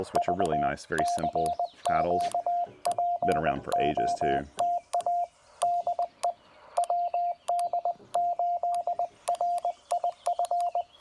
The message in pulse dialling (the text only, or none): none